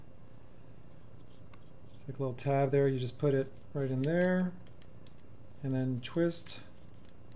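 A clip-on sunglass shade is fitted by its tab onto a smart-glasses frame, ready to be twisted to lock, while someone talks over the handling. Only a few faint, brief ticks are heard, around 1.5, 4.8, 5.1, 6.9 and 7.1 s. The shade has not yet snapped into place by the end of the clip.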